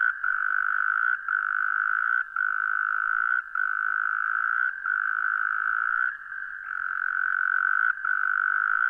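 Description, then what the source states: Frog trill, a steady loud buzzing drone broken by short gaps about every second, continuing through the whole stretch. Recorded 17 January 2015.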